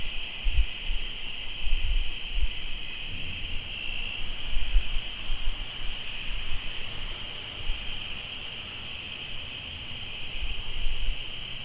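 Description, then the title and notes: Crickets chirp in a steady, continuous chorus of two high trilling bands, with low thumping noise throughout. Crickets in Tlayacapan, Morelos. "Sonidos de grillos en Tlayacapan - Morelos"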